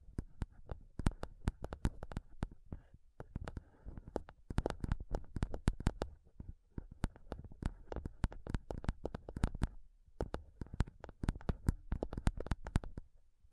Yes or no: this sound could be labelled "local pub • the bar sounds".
no